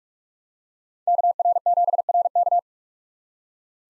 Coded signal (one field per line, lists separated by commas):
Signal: Morse code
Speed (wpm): 42 wpm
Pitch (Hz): 700 Hz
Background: none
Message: KR7RK